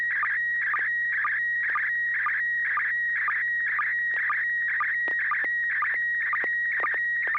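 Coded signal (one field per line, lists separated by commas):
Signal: SSTV (slow-scan television)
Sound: warbling whistle-like tone around 2 kHz with rhythmic ticks about twice a second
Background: low electrical hum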